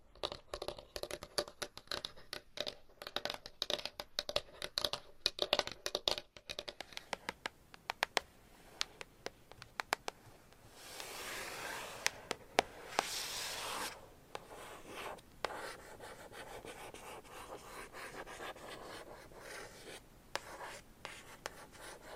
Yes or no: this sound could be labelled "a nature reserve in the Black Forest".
no